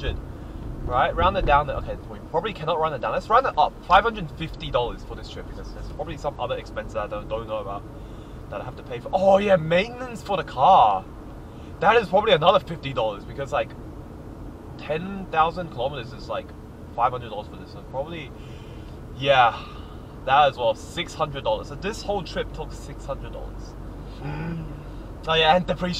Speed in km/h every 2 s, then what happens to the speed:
46, 43, 42, 42, 44, 45, 45, 44, 44, 44, 44, 46, 47.
0-26 steady at about 44.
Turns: none.